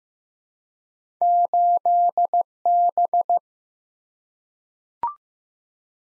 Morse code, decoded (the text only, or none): 8B